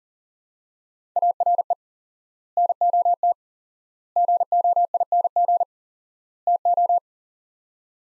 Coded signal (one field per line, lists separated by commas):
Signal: Morse code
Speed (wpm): 37 wpm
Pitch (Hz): 700 Hz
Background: none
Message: ARE NOT GOING TO